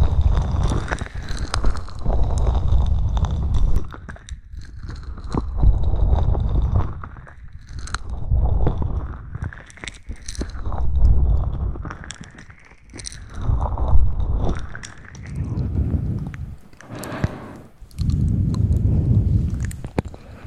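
ASMR whispering with mouth sounds and mic scratching, low rumbling swells and frequent crisp clicks and taps recurring every few seconds.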